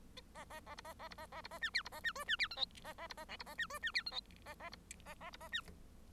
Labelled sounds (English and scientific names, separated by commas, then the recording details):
Bengalese Finch (Lonchura striata domestica) song
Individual Bird1